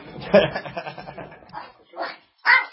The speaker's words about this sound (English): That doesn't sound like a Labrador, does it?